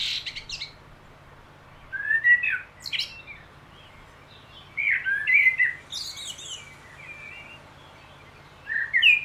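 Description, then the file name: Common blackbird song: several phrases of low fluty whistles mixed with sharp, scratchy high notes, separated by quiet gaps. "Turdus merula"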